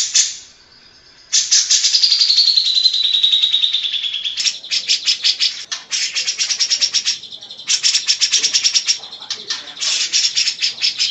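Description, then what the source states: Grey-cheeked bulbul: a long buzzy trill sliding downward in pitch, then clusters of rapid rasping notes broken by short pauses. Long-duration master song used to train birds.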